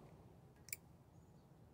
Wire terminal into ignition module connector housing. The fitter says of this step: and then you'll hear a little click and